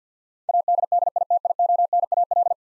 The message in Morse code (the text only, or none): ADDITIONAL